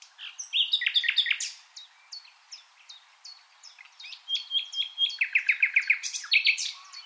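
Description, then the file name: Common nightingale singing a rich, varied phrase of crisp chirps, ending in loud runs of rapid repeated notes. "Luscinia megarhynchos"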